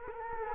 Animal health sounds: mosquito wingbeat signal from an infrared sensor; Culex quinquefasciatus

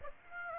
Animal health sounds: mosquito wingbeat signal from an infrared sensor; Aedes aegypti

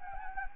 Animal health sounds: mosquito wingbeat signal from an infrared sensor; Anopheles gambiae

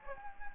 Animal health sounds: mosquito wingbeat signal from an infrared sensor; Anopheles gambiae

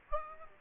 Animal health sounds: mosquito wingbeat signal from an infrared sensor; Aedes aegypti

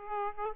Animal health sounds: mosquito wingbeat signal from an infrared sensor; Aedes aegypti

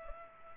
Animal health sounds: mosquito wingbeat signal from an infrared sensor; Culex pipiens

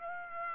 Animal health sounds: mosquito wingbeat signal from an infrared sensor; Aedes aegypti

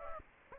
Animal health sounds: mosquito wingbeat signal from an infrared sensor; Aedes aegypti

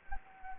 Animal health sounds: mosquito wingbeat signal from an infrared sensor; Anopheles gambiae

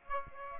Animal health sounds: mosquito wingbeat signal from an infrared sensor; Aedes aegypti

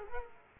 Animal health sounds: mosquito wingbeat signal from an infrared sensor; Culex quinquefasciatus

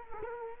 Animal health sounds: mosquito wingbeat signal from an infrared sensor; Culex quinquefasciatus

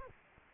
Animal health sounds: mosquito wingbeat signal from an infrared sensor; Anopheles arabiensis

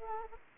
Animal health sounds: mosquito wingbeat signal from an infrared sensor; Anopheles gambiae

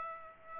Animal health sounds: mosquito wingbeat signal from an infrared sensor; Aedes aegypti

